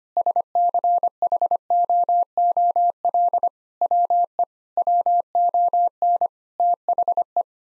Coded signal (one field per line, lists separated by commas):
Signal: Morse code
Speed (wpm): 25 wpm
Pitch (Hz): 700 Hz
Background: none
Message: SCHOOL WE WON THE